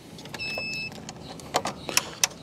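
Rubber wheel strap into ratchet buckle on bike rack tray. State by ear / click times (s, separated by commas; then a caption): seated / 2.0 s, 2.2 s. The rubber front wheel strap of an e-bike hitch rack tray is fed into its ratchet buckle and pushed through, with light ticks and a brief steady high tone early on. Two sharp clicks ring out at 2.0 s and 2.2 s as the strap seats in the ratchet buckle.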